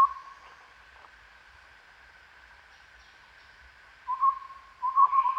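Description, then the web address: Chestnut-rumped babbler calling with a short low whistled note at the start, then quick runs of similar notes near the end, over a steady insect drone. Recorded at Danum on 1 April 2006. "DANUM 20060401. chestnut-rumped babbler"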